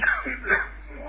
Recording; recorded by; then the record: voluntary cough; telephone call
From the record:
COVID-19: positive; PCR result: checked with the laboratory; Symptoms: yes